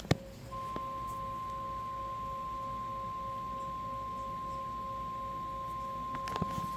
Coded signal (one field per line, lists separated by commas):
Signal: Emergency Alert System (SAME) tones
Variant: 1050 Hz attention tone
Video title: Radio EAS 21 - SVA 11